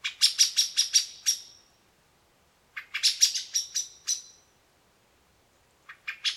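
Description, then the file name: Common blackbird giving rattling chak calls in quick runs of several notes, separated by silent pauses of about a second. "Turdus merula"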